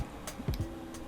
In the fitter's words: you'll feel it click into place and then these holes will all line up and